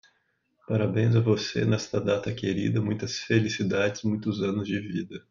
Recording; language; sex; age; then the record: short text; Brazilian Portuguese; male; 40 to 49 years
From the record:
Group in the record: control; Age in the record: 42 years